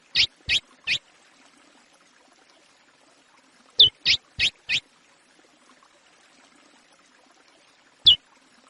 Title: CURIÓ CANTO PRAIA CLÁ SSICO PARA TREINAMENTO DE FILHOTES